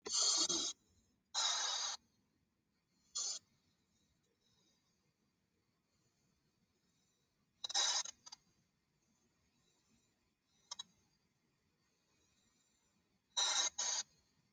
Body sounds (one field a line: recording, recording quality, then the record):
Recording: shallow breathing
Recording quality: excellent, no background noise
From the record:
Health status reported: exposed to COVID-19, no respiratory illness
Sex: male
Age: 37 years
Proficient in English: yes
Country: India